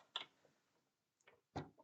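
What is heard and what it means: A plastic cover panel is pressed onto the leg section of a large model robot. It snaps into place with a sharp click at 0.2 s, followed by softer knocks around 1.3 s and 1.6 s. The cover is a tight fit but is seated.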